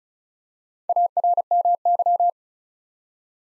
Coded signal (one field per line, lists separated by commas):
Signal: Morse code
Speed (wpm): 35 wpm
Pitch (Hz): 700 Hz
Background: none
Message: ARMY